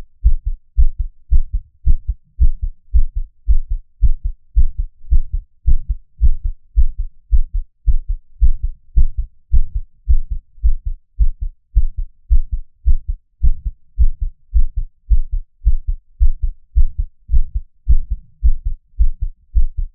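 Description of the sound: Steady, regular low thumps of an adult heartbeat, heard close up as ASMR, with no talking and a quiet room behind. The deep lub-dub beats keep an even rhythm throughout, a plain heartbeat.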